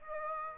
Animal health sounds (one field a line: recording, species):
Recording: mosquito wingbeat signal from an infrared sensor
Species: Aedes aegypti